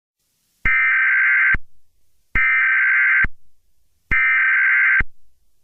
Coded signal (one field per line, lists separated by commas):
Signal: Emergency Alert System (SAME) tones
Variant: header bursts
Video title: An Special EAS Scenario: Sarah The Killer